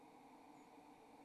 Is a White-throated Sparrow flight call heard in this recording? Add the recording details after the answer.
no. No flight call is heard. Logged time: 05:01 on 28 November 2014